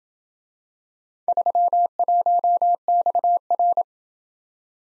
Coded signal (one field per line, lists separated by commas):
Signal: Morse code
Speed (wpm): 28 wpm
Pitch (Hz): 700 Hz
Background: none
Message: 31XR